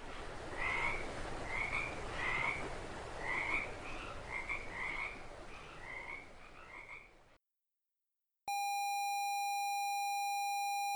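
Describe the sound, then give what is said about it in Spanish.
Toads croak in a steady, repeated series of short raspy calls over a dense chorus, which cuts off into silence before a loud, steady electronic tone with high harmonics begins. “Sapos, que necesito más sapos.”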